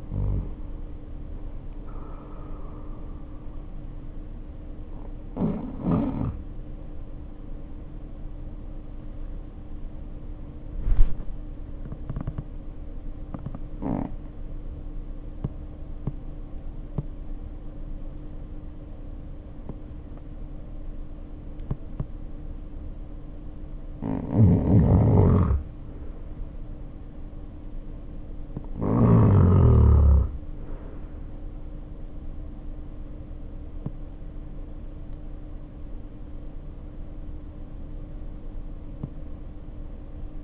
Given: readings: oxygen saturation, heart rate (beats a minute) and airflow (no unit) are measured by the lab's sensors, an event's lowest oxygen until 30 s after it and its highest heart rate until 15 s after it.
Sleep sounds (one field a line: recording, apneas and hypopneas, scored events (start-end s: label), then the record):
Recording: breathing in sleep by a smartphone at the bedside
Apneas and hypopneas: 1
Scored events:
14.00-33.10 s: hypopnea (N1, oxygen 95% highest, then 89% lowest, heart rate 53 at the start, 59 highest)
From the record:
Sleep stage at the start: N1 (lightest sleep)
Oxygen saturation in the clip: 85 to 95%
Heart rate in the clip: 51 to 61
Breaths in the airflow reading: 13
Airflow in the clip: -0.8 to 0.8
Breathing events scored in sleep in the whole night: 520 in 7.2 hours asleep